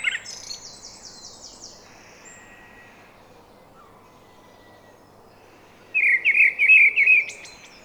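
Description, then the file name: Common blackbird song: a thin, high twittering trill at first, then silence, then a short burst of quick warbled notes. "Turdus merula"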